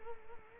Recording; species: mosquito wingbeat signal from an infrared sensor; Culex quinquefasciatus